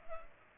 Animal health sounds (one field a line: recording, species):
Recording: mosquito wingbeat signal from an infrared sensor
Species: Culex pipiens